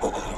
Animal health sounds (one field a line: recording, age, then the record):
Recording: pig call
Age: piglet (1 to 25 days)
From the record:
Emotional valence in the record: negative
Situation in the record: castration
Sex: male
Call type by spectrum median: low-frequency call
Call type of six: low-frequency stable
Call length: 0.38 s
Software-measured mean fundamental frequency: 44 Hz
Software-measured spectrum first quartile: 374 Hz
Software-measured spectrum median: 682 Hz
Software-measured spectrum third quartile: 1399 Hz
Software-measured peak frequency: 494 Hz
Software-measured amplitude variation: 122 dB a second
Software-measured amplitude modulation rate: 27.5 a second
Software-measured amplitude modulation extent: 4.4 dB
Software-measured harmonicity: 1.3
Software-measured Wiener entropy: -0.86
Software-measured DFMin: 679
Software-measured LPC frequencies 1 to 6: 576, 2493, 3537, 4635, 5696, 6858 Hz